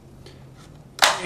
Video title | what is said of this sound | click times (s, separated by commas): DSC Alexor Keypad Battery Replacement | it snaps into place just like that | 1.0 s